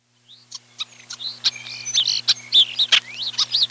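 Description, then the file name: European Starling song, a busy jumble of high whistles, squeaks and sharp clicks, rising and falling quickly, over a low steady hum. "1988-03-16 Starlings"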